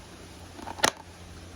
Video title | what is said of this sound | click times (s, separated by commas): Haiboxing Surge X03 RC boat (Better than the Skytech H101) | All right, so it needs to snap in place so that this is flush before you turn any of these guys. | 0.8 s